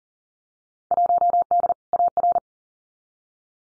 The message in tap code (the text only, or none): none